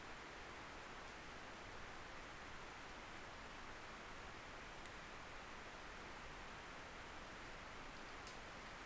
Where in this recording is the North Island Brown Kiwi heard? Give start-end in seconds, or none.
none